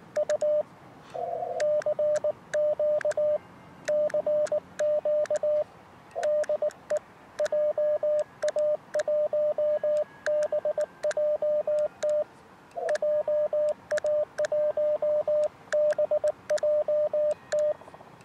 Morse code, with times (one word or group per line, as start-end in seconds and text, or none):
0.2-0.6 U
1.6-3.4 CQ
3.9-5.6 CQ
6.2-7.0 DE
7.4-12.2 JA1BJT
12.9-17.7 JA1BJT